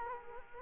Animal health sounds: mosquito wingbeat signal from an infrared sensor; Culex quinquefasciatus

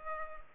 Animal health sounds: mosquito wingbeat signal from an infrared sensor; Culex pipiens

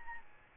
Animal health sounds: mosquito wingbeat signal from an infrared sensor; Aedes albopictus

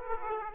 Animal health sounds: mosquito wingbeat signal from an infrared sensor; Aedes aegypti

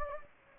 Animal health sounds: mosquito wingbeat signal from an infrared sensor; Anopheles gambiae

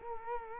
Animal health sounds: mosquito wingbeat signal from an infrared sensor; Culex quinquefasciatus

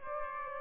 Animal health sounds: mosquito wingbeat signal from an infrared sensor; Aedes aegypti

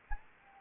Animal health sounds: mosquito wingbeat signal from an infrared sensor; Anopheles gambiae

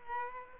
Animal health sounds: mosquito wingbeat signal from an infrared sensor; Aedes aegypti

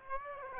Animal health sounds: mosquito wingbeat signal from an infrared sensor; Aedes aegypti

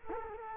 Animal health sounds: mosquito wingbeat signal from an infrared sensor; Culex quinquefasciatus

